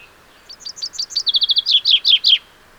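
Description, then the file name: Common chaffinch song: a quick descending series of bright chirps, a rapid even rattle, then loud downslurred notes, all within three seconds. "Fringilla coelebs"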